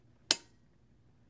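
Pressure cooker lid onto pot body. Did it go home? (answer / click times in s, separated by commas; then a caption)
yes / 0.3 s. A stainless steel lid of a Fagor Futuro pressure cooker is lined up with the handle mark on the pot body and slid closed. Its automatic locking mechanism engages with a single sharp, bright click at 0.3 s that fades quickly. The lid is locked in place.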